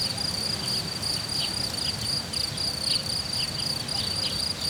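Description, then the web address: Cricket chirping in a continuous high, shimmering trill broken into quick pulses, over a low background rumble. Cricket recorded in nature at Hortobágy in 2014, described as idyllic; an insect landed on the left microphone. "allathangok termeszetben tucsok professzionalis 2014 idilli balmikrofonraraszallorovar hortobagy"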